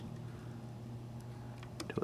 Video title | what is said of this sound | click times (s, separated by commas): DTG Viper Maintenance Printhead and Dampers | it clicks right into place. | 1.8 s